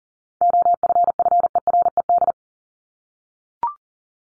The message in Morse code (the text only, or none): OFFERED